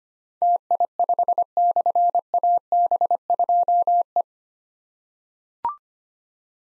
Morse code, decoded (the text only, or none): TI5/AB2E